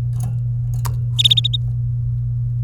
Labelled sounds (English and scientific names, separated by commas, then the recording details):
Domestic Canary (Serinus canaria) song
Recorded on 23 April 2018 at 16:17
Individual llb3